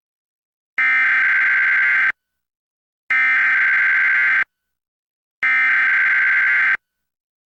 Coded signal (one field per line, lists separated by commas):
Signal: Emergency Alert System (SAME) tones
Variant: header bursts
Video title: EAS #1080-1081: 2 EAS Required Monthly Tests- May 13, 2025- 10:13AM PDT